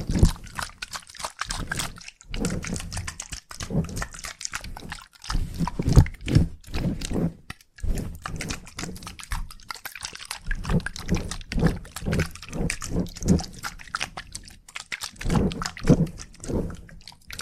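Salon haircut sounds fill the clip: a dense, irregular run of crisp snips and scratchy rubbing at the head, coming several times a second. Low, grunting thuds run underneath. Short pauses break the activity near the 5 and 7.5 second marks.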